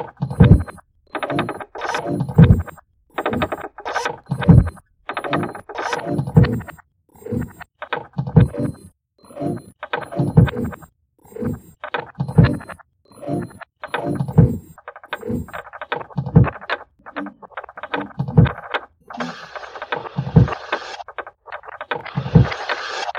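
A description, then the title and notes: A piece of furniture rattles inside a moving boat, knocking in short, regular clatters roughly every second with brief silences between. The knocks are low and thumping with a bright rattling edge, and a hissing wash rises toward the end. I recorded all this with my phone's voice recorder placed inside a rattling piece of furniture inside a moving boat.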